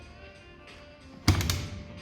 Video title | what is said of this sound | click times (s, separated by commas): BMW R1200GSTE - Motorcycles for Sale from SoManyBikes.com | locks in place | 1.3 s